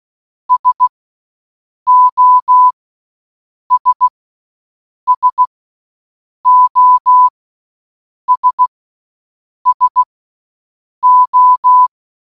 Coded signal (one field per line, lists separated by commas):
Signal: Morse code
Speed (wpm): 16 wpm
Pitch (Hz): 1000 Hz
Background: none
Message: SOS SOS SO